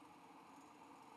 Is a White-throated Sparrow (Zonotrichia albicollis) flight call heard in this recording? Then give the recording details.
no. No flight call is heard. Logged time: 09:43 on 5 December 2014